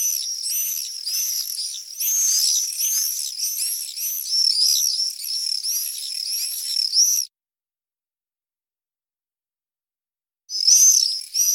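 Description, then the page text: Common swift screaming chorus, many high, rasping trills overlapping for about seven seconds, a pause of silence, then the shrill screams resume. Lure call played back to attract swifts to artificial nest boxes. "Schwalben und Mauersegler. apus apus ansiedeln"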